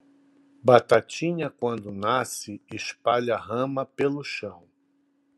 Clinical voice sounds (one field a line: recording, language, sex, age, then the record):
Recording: short text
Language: Brazilian Portuguese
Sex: male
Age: 60 to 69 years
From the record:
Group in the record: control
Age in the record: 64 years